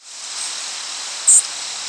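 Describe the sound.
Swamp sparrow call: a single short, very high note near the end, set against a steady hiss.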